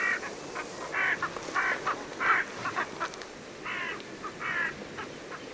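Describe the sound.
Bird calls: harsh, nasal honking notes in short bursts, some in quick pairs, repeated throughout over a steady background hiss.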